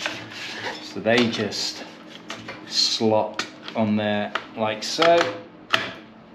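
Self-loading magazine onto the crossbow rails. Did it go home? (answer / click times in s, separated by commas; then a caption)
yes / 5.7 s. Someone talks while the self-loading magazine of an EK Cobra Adder semi-automatic crossbow is slid onto its metal rails with two securing lugs. The magazine locks onto the crossbow with a single sharp click at 5.7 s, seating it in place.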